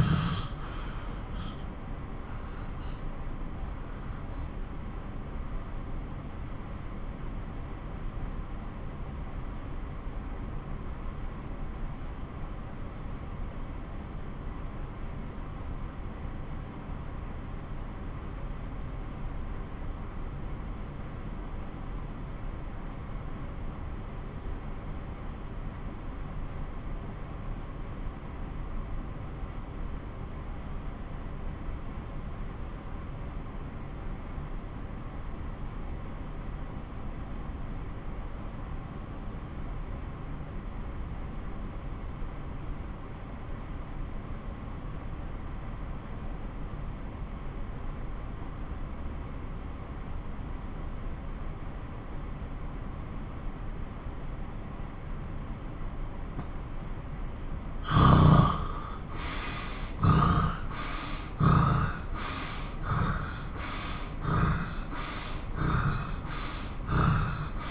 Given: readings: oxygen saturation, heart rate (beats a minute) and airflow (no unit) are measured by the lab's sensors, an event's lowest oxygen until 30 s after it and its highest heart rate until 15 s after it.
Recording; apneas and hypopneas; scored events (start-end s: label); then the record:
breathing in sleep by a smartphone at the bedside; 1
3.00-54.60 s: obstructive apnea (N1, oxygen 94% highest, then 86% lowest)
17.00-47.00 s: new sleep stage, N2 (light sleep)
47.00-67.71 s: new sleep stage, N1 (lightest sleep)
From the record:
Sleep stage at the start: N1 (lightest sleep); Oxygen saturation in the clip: 87 to 94%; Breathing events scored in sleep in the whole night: 217 in 6.3 hours asleep